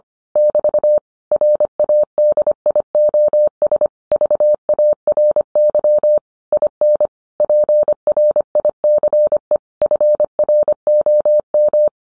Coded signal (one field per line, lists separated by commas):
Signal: Morse code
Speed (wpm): 25 wpm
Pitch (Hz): 600 Hz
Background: none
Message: <BT> RADIOS VARY IN PRICE FROM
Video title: 20230122 What is the difference between handheld, mobile and a base radio?